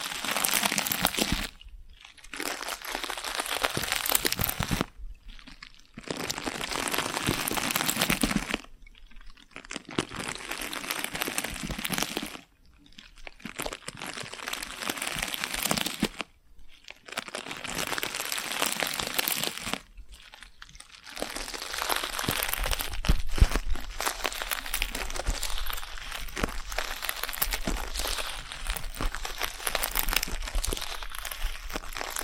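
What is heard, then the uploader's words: Props being handled make dense, bright crunching and crinkling in bursts split by brief pauses, then run unbroken through the final third. ASMR Get Your Tingles Back New & Rare Props (No Talking).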